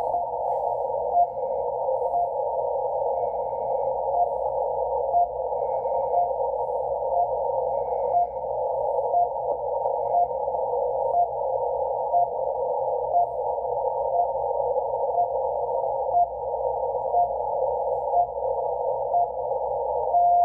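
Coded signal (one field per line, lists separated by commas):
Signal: radio time signal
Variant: RWM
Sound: short beeps once per second through hiss, then one longer beep at the end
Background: radio static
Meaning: Each short tick marks one second; the longer pulse marks the minute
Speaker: now let's go to the unfed wire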